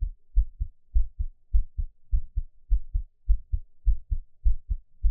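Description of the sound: Steady low paired thumps, a clear lub-dub repeating about 100 times a minute with an even rhythm. An adult's own heartbeat heard close up for ASMR, with no talking and only faint room hum behind it.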